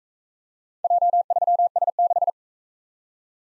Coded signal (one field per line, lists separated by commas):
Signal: Morse code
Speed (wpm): 38 wpm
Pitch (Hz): 700 Hz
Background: none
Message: J3S6